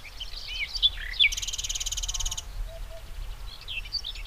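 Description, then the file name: Common nightingale song: varied slurred whistles, then a harsh buzzy rattle lasting about a second, followed by soft scattered notes and quiet whistles. "Luscinia megarhynchos"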